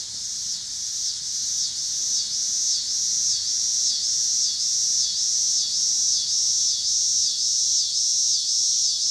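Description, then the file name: Cicadas in a high, rhythmic, pulsing buzz with regular swells about twice a second, growing slightly louder after the opening seconds. Recorded in Pittsburgh, Pennsylvania, on 26 August 2023, together with passing cars. "2023-08-26 cicadas and cars Pittsburgh PA"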